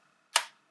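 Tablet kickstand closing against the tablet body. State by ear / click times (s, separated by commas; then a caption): seated / 0.4 s. A Microsoft Surface Pro 2 tablet's hinged kickstand (or cover) is closed against the magnesium body, shutting with a single sharp click at 0.4 s. It lands as a short, bright snap followed by a brief decay and quiet around it. The kickstand clicks shut and is seated, though the click differs from the car-door-like closing sound of the original unit.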